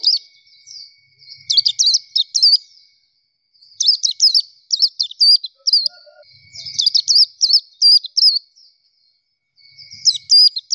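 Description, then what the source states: Nightingale delivering several quick, high, warbling phrases of twisted notes, separated by short pauses. Masteran training song for teaching kept songbirds to sing.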